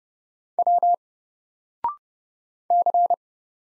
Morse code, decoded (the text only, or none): W C